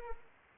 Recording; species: mosquito wingbeat signal from an infrared sensor; Anopheles arabiensis